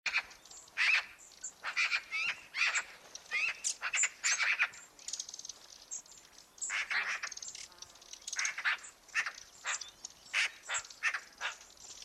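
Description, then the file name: Eurasian magpie giving harsh, rasping chattering calls in quick irregular bursts, one run over the first five seconds and another after a short pause. "Pica pica"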